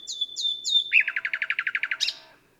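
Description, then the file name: Common nightingale song: three quick notes on a high steady whistle, then a fast rhythmic string of rich repeated notes ending in a sharp flourish. "Luscinia megarhynchos"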